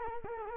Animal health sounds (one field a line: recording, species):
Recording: mosquito wingbeat signal from an infrared sensor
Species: Culex quinquefasciatus